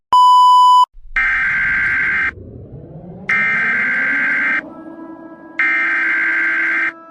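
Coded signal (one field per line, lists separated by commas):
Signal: Emergency Alert System (SAME) tones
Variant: header bursts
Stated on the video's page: Simulated EAS tones in a fictional Godzilla attack scenario.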